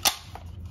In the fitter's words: snaps right in very easily and we'll put it back in the put it back in the car make